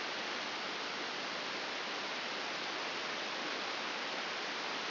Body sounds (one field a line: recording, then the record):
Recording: brain microelectrode recording played as sound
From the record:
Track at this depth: outside the subthalamic nucleus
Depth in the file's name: 6.861 mm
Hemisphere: left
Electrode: 2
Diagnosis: Parkinson's disease